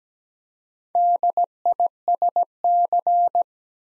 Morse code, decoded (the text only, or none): DISC